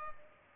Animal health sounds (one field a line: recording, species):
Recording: mosquito wingbeat signal from an infrared sensor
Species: Culex pipiens